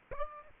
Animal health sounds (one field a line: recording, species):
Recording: mosquito wingbeat signal from an infrared sensor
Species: Aedes aegypti